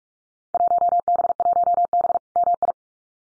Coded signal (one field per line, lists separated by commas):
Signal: Morse code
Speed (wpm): 46 wpm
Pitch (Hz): 700 Hz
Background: none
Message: 1B1B MI